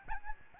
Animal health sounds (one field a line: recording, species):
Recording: mosquito wingbeat signal from an infrared sensor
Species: Aedes albopictus